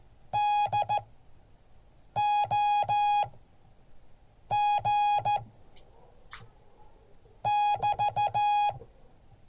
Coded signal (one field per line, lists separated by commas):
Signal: Morse code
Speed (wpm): 14 wpm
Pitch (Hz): 830 Hz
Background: music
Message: DOG <BT>